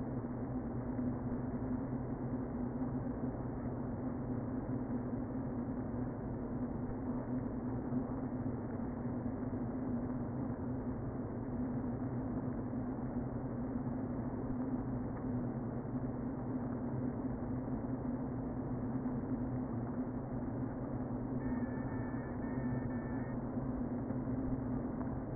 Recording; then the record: honeybee colony, microphone inside the hive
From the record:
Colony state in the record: queen present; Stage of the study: before two queens were removed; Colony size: about 60,000 bees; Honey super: yes